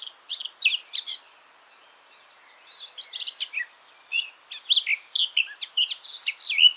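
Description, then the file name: Eurasian blackcap song: a few short chirpy notes, a pause of about a second, then a fast, rich, scratchy warble that runs on to the end. "Sylvia atricapilla"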